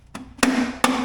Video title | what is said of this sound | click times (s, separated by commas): Keep your bluebird nest safe! ~ DIY stovepipe baffle 🪺 | Oh, that sounds good. Okay, finally snaps into place. | 0.4 s, 0.8 s